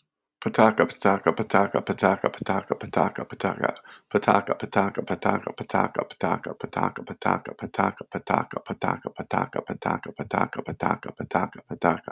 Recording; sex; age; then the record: repeated syllables /pa ta ka/; male; 50 to 59 years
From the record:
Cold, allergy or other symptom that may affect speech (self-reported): no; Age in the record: 57 years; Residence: Michigan, United States